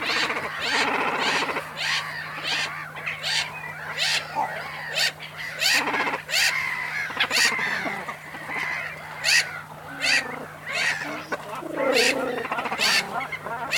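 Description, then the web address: Cormorant calls, harsh and rasping, come in many overlapping bursts over a constant low hum. Cormorants at the nest with loud seagulls; mono recording, DPA 4061 microphone. "Sound Holder - Cormorants animals cormorants nest loud seagulls"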